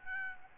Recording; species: mosquito wingbeat signal from an infrared sensor; Aedes albopictus